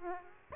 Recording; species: mosquito wingbeat signal from an infrared sensor; Aedes aegypti